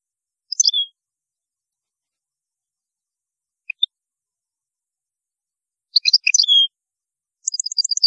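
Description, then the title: European goldfinch song: scattered high chirps and a twittering phrase, ending with a fast run of repeated bright notes. "Chant Chardonneret"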